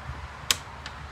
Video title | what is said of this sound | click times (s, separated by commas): Cutting A Small Circle With the Milescraft Circle Guide Kit | There we go. Did you hear it click? | 0.5 s